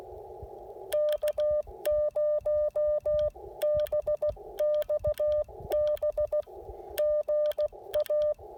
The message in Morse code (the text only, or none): K0BXB GA